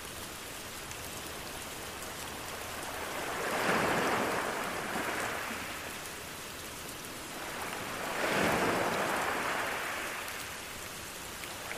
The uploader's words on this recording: Rain And Ocean Sounds.